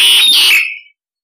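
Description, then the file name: Starling giving one loud, harsh, buzzy squawk lasting under a second, then silence. Call used to lure a flock of starlings. "Tieng sao da goi bay"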